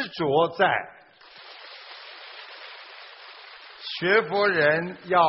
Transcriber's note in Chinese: 掌声